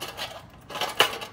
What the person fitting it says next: you hear a click that means it's locked itself on now